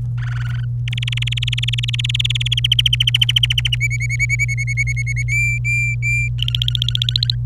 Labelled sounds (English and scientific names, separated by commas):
Domestic Canary (Serinus canaria) song